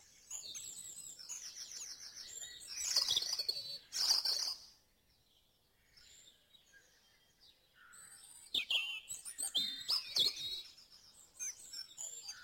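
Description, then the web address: Bird: dawn chorus of several birds, dense high twittering and trilled phrases in loud bursts, a near-silent pause midway, then more overlapping song. Dawn chorus in Mold, North Wales. "beanstalk-audio Dawn Chorus in Mold North Wales"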